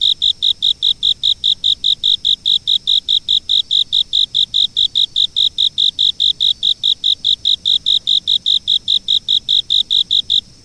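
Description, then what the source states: Insect song: high, bright chirps pulsed at a fast, very even pace, continuing steadily until stopping near the end. Insects singing in fall.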